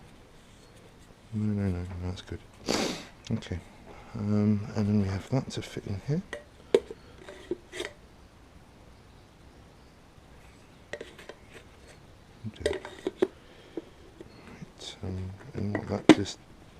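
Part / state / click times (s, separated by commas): oil filter element into its filter housing cap / not seated / none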